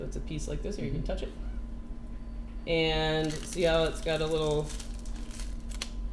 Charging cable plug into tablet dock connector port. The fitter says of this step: So even on this one, it makes that satisfying click.